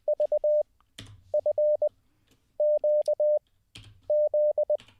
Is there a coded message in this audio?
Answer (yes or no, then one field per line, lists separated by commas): yes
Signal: Morse code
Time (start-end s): 0.1-4.8 s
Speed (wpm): 20 wpm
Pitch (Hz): 600 Hz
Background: none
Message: VFQZ